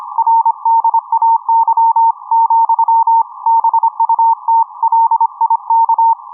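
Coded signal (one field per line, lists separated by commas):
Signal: Morse code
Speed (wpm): 25 wpm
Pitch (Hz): 910 Hz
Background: music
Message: RDAY, BUT LIK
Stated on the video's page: 80m amateur Morse on 3.557 MHz, received with a Nooelec SDR and HamItUp upconverter.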